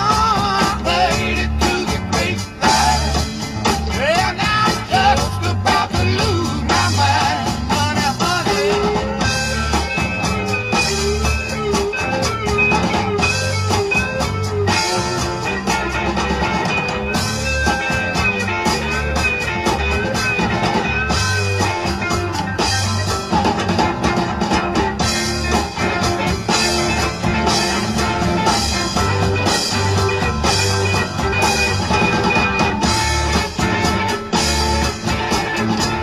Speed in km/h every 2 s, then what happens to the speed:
2, 0, 0, 0, 2, 2, 2, 0, 0, 0, 3, 2, 5, 29, 53, 61, 50, 31.
0-19 standing. 23-29 pulls away to 61. 29-36 brakes to 31.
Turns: none.